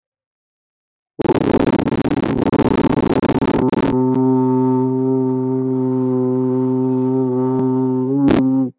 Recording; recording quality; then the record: sustained vowel as in boot; moderate, slight background noise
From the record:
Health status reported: COVID-19 positive, no symptoms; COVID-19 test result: positive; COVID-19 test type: RT-PCR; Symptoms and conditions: cough, fever, muscle pain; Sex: male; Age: 33 years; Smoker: yes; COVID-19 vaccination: both doses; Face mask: not worn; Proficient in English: yes